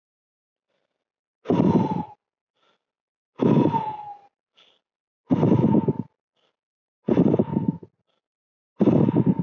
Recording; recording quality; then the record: deep breathing; excellent, no background noise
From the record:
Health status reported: COVID-19 positive, mild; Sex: male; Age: 23 years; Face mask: not worn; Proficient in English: yes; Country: India